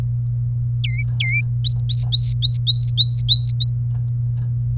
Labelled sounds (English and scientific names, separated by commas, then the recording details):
Domestic Canary (Serinus canaria) song
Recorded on 27 April 2018 at 10:52
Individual llb3